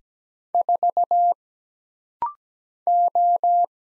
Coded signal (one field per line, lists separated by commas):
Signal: Morse code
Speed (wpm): 17 wpm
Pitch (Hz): 700 Hz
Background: none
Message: 4 O